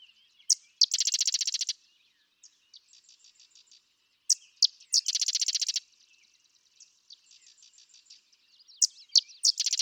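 Sedge wren singing: sharp chip notes leading into a loud, rapid buzzy chatter, repeated about every four seconds, with softer quieter trills in the gaps.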